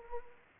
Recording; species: mosquito wingbeat signal from an infrared sensor; Anopheles arabiensis